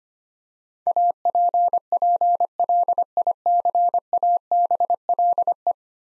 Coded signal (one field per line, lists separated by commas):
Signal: Morse code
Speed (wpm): 25 wpm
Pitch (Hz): 700 Hz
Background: none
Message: APPLICABLE